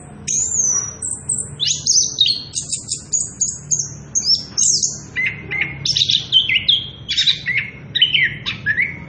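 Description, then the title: Orange-headed thrush song, a fast, varied run of high whistles, sharp chips and short trills, phrases changing quickly with barely a pause. Actively singing bird giving a continuous rolling song at strong volume, offered as a lure song and as a tutor recording for young birds (trotolan). "Anis Kembang Gacor. pancingan anis kembang ngerol edan volume dasyattt cocok buat masteran trotolan"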